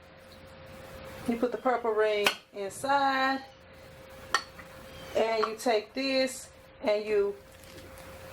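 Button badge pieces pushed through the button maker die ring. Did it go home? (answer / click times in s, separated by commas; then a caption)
no / none. Button badge pieces are handled with a purple ring placed inside a button maker die while someone talks, with a short sharp knock at about 4.4 seconds. Nothing has popped through or seated yet; the clip ends before the parts go home.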